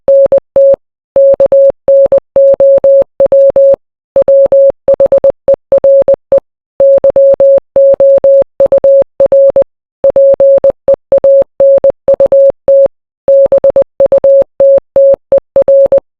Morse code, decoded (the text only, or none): NT KNOW WHERE YOUR PEANUT BUTTER